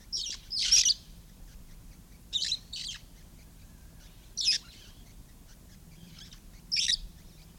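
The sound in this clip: Red-fronted parrot isolated harsh screeches, singly or in pairs, separated by short pauses in a quiet background.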